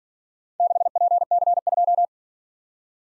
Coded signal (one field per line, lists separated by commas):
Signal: Morse code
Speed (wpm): 46 wpm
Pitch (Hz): 700 Hz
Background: none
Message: 6PC2